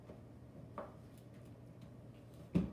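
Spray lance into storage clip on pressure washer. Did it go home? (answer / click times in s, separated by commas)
no / none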